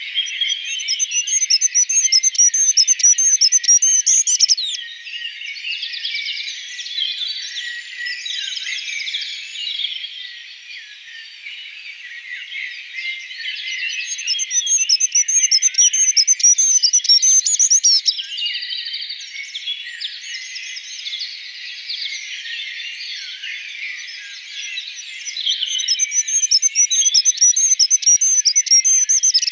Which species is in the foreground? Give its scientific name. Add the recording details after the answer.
Regulus regulus. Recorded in the wild. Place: Kandel /Schwarzwald; Gemeinde Waldkirch, Baden-Württemberg, DE. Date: 1977-06-12. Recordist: Schwarz, Dieter. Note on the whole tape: Song